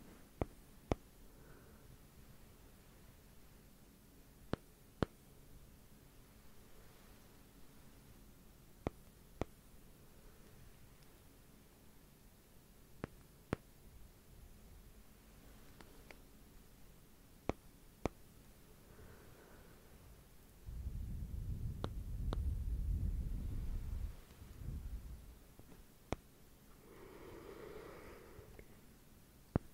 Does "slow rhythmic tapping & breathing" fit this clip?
yes